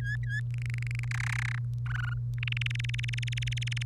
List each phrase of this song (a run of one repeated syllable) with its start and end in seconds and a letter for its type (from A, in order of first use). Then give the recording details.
0.00-0.40 A, 0.54-1.08 B, 1.11-1.58 C, 1.86-2.13 D, 2.38-3.83 E. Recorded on 1 May 2018 at 05:45. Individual llb3